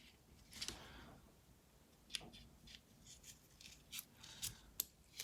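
The second strap end of a fabric/velcro sport band is slid into the band slot of a blue aluminium Apple Watch Series 6 case, with a few soft scraping, rubbing sounds and light taps as it goes in. A sharp click at 4.8 s marks the band locking into place, and it is confirmed seated.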